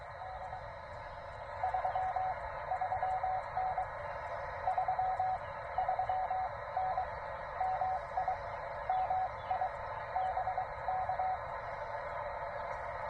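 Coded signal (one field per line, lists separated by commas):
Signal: Morse code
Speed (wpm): 23 wpm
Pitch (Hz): 750 Hz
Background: radio noise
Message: D 33N 33N MI MI BK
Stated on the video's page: CW Parks on the Air activation.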